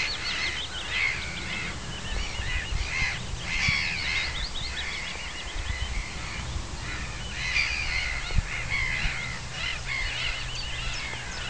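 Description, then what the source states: Aquatic warbler delivering bursts of buzzy, rattling chatter and short repeated whistled elements in several phrases, against persistent low-pitched background noise. Recorded in May 2010.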